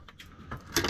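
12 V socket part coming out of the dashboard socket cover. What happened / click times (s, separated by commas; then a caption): The plastic part popped free of its housing / 0.8 s. On a Toyota Highlander / Kluger, with both clips already released, a part of the dashboard 12 V socket assembly is pulled free of its plastic socket cover during a cover replacement. Light plastic taps and rattles at about 0.1, 0.2 and 0.5 s lead to a louder, sharp pop at 0.8 s as the part comes out.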